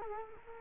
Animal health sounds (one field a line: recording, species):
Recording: mosquito wingbeat signal from an infrared sensor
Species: Culex quinquefasciatus